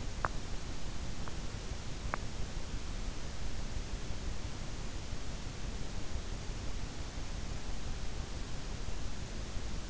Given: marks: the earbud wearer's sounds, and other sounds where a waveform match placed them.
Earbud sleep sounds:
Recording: sounds in sleep by an in-ear microphone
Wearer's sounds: teeth grinding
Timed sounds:
0.00-2.42 s: teeth grinding

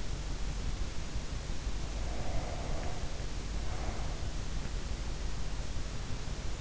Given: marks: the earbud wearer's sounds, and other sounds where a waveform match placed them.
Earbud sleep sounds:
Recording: sounds in sleep by an in-ear microphone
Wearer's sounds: breath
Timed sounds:
1.68-4.53 s: breath

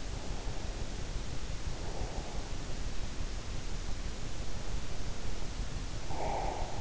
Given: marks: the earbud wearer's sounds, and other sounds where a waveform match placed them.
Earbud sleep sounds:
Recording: sounds in sleep by an in-ear microphone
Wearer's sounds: breath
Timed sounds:
0.16-3.08 s: breath
5.93-6.81 s: breath

